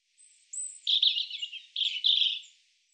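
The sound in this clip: European robin song: a faint thin whistle, then two bursts of rich, rapid warbling with high wispy notes over silence.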